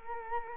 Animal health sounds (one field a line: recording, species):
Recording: mosquito wingbeat signal from an infrared sensor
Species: Culex quinquefasciatus